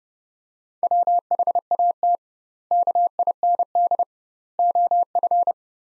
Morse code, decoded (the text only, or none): WHAT KIND OF